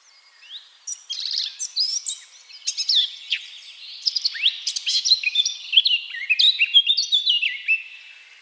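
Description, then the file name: Eurasian blackcap singing: a soft start building into a lively, scratchy warble of rapid, varied high notes that fades at the end. "Sylvia atricapilla"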